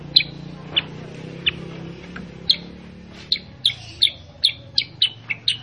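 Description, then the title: Sooty-headed bulbul chirping in a run of short, sharp, high notes, spaced out at first, then coming faster, over a low steady hum. Masteran (training) audio of a Kutilang Sutra, a cage bird in full, energetic 'gacor' song, played so that other kept bulbuls answer and copy its voice. "Masteran Kutilang Sutra. Kutilang Sutra mana YANG GAK NYAUT dan IKUT BUNYI GACOR dengan suara Kutilang Sutra Super GACOR Ini"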